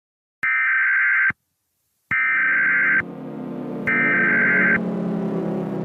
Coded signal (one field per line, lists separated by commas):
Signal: Emergency Alert System (SAME) tones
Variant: header bursts